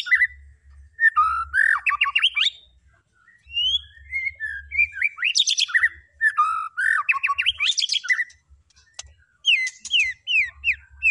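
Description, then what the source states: White-rumped shama song of repeated energetic phrases, buzzy climbing trills mixed with mellow whistles, ending in a series of sharp descending notes. Lure recording of a vigorously singing (gacor) white-rumped shama, meant to make the bird respond.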